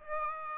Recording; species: mosquito wingbeat signal from an infrared sensor; Aedes aegypti